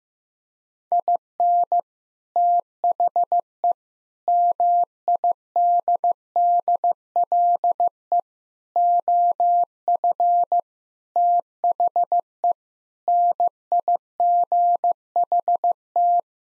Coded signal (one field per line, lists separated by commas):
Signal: Morse code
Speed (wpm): 15 wpm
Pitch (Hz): 700 Hz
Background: none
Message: IN THE MIDDLE OF THE NIGHT